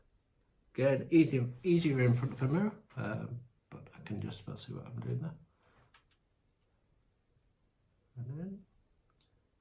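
A CGM transmitter for a Medtronic 670G system is slid onto the body-worn glucose sensor on the upper arm while someone talks. A small, quiet click at 9.2 s marks it latching, and the transmitter is seated.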